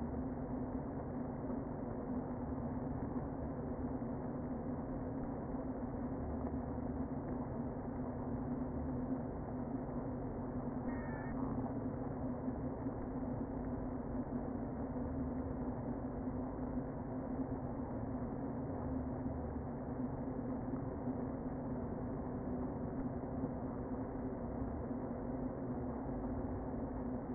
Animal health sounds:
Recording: honeybee colony, microphone inside the hive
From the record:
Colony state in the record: queen present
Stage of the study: before two queens were removed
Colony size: about 60,000 bees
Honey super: yes

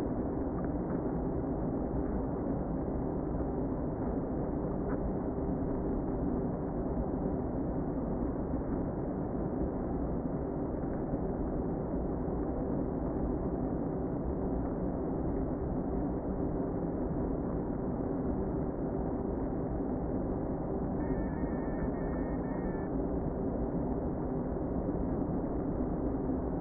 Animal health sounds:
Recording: honeybee colony, microphone inside the hive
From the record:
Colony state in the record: queen present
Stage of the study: before two queens were removed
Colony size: about 60,000 bees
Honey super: yes

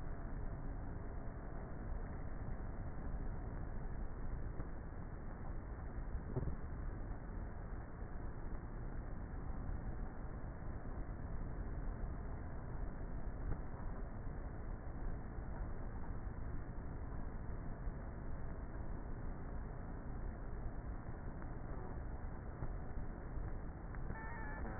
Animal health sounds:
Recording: honeybee colony, microphone inside the hive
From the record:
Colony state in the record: queenless with a low population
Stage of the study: before two queens were removed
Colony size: about 30,000 bees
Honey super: no

